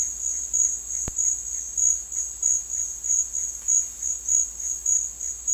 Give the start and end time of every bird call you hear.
0.00s-5.54s: bird call

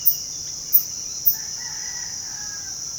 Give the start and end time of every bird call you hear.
0.00s-1.30s: bird call

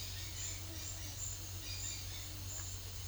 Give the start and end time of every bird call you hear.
0.00s-2.37s: bird call

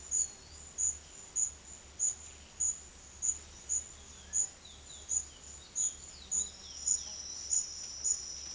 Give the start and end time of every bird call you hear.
0.00s-0.64s: bird call
4.37s-7.47s: bird call

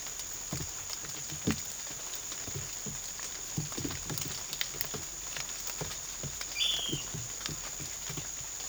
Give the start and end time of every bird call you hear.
6.49s-7.00s: bird call

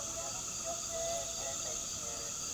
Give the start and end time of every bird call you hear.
0.00s-2.53s: bird call

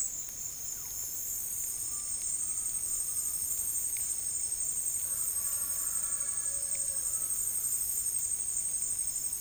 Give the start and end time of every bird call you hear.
0.58s-0.92s: bird call
1.79s-3.52s: bird call

